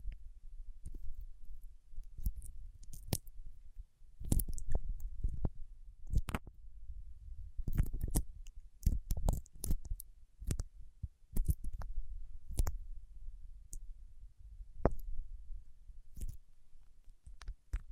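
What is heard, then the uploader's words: Wax rubbed between fingertips makes irregular sharp clicks and crackles in clusters every second or so over a soft low rumble. ASMR with Wax Fingertips for Sleep (No Talking).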